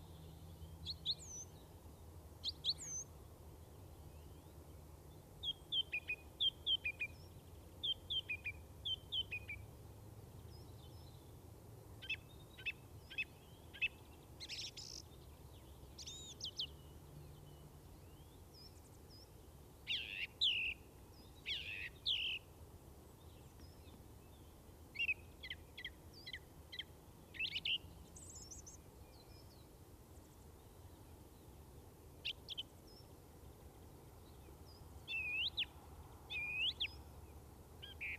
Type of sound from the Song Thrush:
song